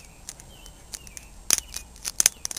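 The plastic back section of a photo button, turned over, is pressed into the clear plastic button front until it snaps into place. Light clicks and ticks sound at around 1.5 s, followed by the sharp snap at 2.2 s and a few small ticks after it. The button back is seated in the front.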